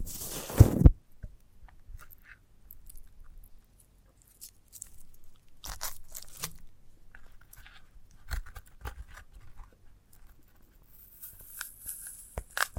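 ASMR handling of a sprouted coconut, opening with a loud crunching snap in the first second. After that, scattered dry cracks, taps and short tearing sounds come every second or so over a low rumble. A brief bright hiss rises near the end.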